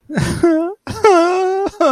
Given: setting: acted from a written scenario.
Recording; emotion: vocal sound without words; sadness